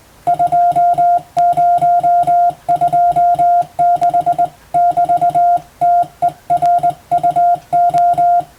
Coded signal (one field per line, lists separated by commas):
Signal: Morse code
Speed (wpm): 19 wpm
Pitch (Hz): 700 Hz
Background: music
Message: 2026<BT>TERUO